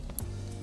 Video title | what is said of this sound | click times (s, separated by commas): Volkswagen Caddy V 2020- Montaje de enganche y kit electrónico [1384] | Introduisez le câble et assurez-vous qu’il fait le clic. | 0.2 s